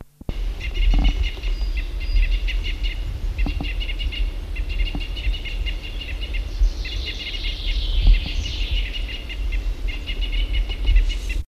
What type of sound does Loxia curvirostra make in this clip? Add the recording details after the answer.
call. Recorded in the wild. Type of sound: call. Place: Gartow, Gartower Forst, Niedersachsen, DE. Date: 1975-07-06. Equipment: Halbspur, 9,5 cm/s. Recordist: Lütgens, Hans. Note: Junge